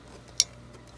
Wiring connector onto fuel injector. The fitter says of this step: you want to just slide it I want to push it too you hear it click there